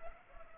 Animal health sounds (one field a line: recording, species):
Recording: mosquito wingbeat signal from an infrared sensor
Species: Culex pipiens